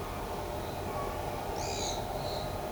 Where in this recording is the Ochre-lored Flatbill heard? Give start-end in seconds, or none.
none